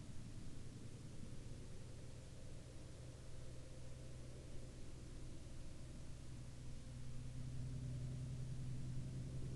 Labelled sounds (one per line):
aircraft